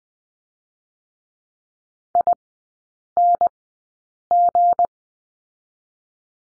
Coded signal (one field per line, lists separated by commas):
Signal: Morse code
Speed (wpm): 20 wpm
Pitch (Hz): 700 Hz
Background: none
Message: ING